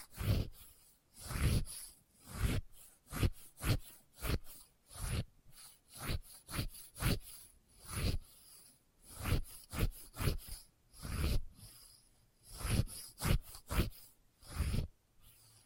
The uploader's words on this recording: ASMR Experimental Triggers in Test Tubes (No Talking).